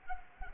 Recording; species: mosquito wingbeat signal from an infrared sensor; Culex pipiens